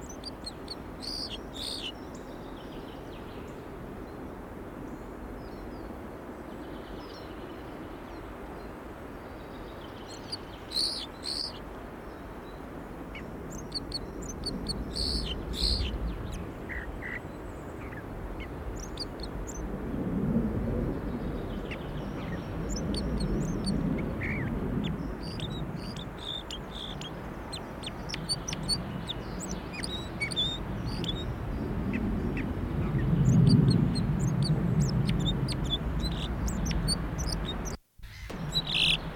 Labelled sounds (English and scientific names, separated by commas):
Red Crossbill (Loxia curvirostra) song